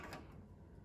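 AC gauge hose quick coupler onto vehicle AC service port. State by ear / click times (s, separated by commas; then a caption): not seated / none. The sleeve of an AC manifold gauge hose quick-connect coupler, with the gauge valve closed, is pulled back and the coupler is handled over the high-side Schrader service port of a Mustang's air conditioning system. A brief broadband scrape near 0.1 s fades into a low, steady background hum. Nothing has seated or clicked yet.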